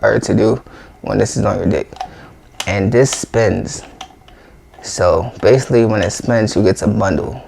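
A bracket on a traction device frame is spun by hand while someone talks, with a couple of brief, faint ticks around 4.0 s and 4.3 s in a pause between speech. The bracket is only being handled here; it has not locked in place or seated yet.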